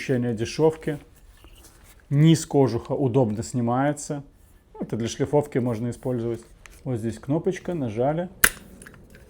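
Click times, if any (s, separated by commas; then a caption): 8.8 s. Someone talks, then a release button is pressed on the guard housing of a DeWALT Atomic DCG400/DCG402 mini angle grinder. A sharp click at 8.8 s, followed by a few small rattles, is the guard latch on the gear housing opening. This lets the guard be adjusted without removing the housing.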